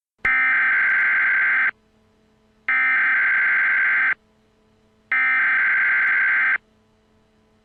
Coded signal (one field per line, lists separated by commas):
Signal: Emergency Alert System (SAME) tones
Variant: header bursts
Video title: An EAS timeline of the 10/6/12 Boardman River Dam failure